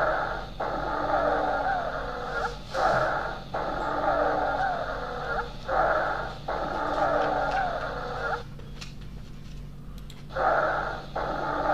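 Long, musical whistling tones fill nearly every breath, with short gaps between cycles, at about 20 breaths a minute. This is wheezing, a continuous sound from air forced through narrowed airways that reflects some degree of airway obstruction.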